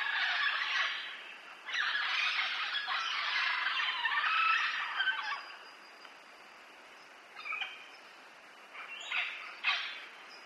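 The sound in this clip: Parrot squawks, two long harsh raucous bursts followed by a quiet gap and a few short sharp calls.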